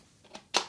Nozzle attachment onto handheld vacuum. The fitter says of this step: how it will snap in nicely nice